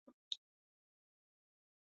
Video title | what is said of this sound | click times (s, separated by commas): CAPTAIN AMERICA! 4TH OF JULY SPECIAL! 1990 MARVEL SUPER HEROES! VINTAGE ACTION FIGURE UNBOXING! | slide it all the way back till it clicks | 0.3 s